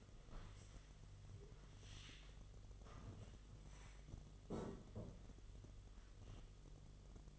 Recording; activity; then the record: daily activity, microphone in the room; stand up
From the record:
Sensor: 4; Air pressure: 1005.9 hPa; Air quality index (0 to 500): 108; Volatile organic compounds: 3 ppm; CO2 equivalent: 1357 ppm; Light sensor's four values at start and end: 13/29/11/10 and 13/29/11/10